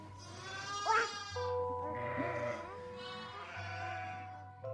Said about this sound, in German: Das Schaf blöket. Sie hat Merkmal gefunden. Dies Blöken, das ihr am stärksten Eindruck macht, das hervorsprang, am tiefsten eindrang, bleibt ihr.